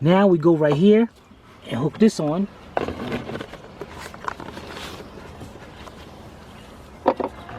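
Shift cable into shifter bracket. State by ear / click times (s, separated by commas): seated / 7.1 s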